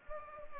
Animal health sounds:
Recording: mosquito wingbeat signal from an infrared sensor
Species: Anopheles gambiae

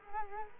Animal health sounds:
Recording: mosquito wingbeat signal from an infrared sensor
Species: Culex quinquefasciatus

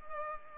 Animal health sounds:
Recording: mosquito wingbeat signal from an infrared sensor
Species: Culex pipiens

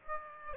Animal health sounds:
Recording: mosquito wingbeat signal from an infrared sensor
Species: Aedes aegypti

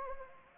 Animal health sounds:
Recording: mosquito wingbeat signal from an infrared sensor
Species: Anopheles gambiae

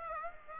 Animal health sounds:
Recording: mosquito wingbeat signal from an infrared sensor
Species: Aedes aegypti

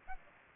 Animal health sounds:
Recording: mosquito wingbeat signal from an infrared sensor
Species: Aedes aegypti

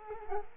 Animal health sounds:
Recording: mosquito wingbeat signal from an infrared sensor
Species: Culex quinquefasciatus

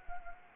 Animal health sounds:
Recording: mosquito wingbeat signal from an infrared sensor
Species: Anopheles gambiae

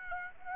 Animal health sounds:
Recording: mosquito wingbeat signal from an infrared sensor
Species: Aedes aegypti

